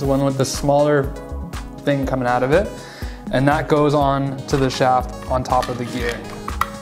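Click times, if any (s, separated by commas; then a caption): 6.6 s. A small 3D-printed plastic universal-joint coupler half is pushed onto the shaft on top of the gear of a 3D-printed kinetic sculpture while someone talks over background music. It snaps into place with a sharp click at 6.6 s, and the coupler is seated.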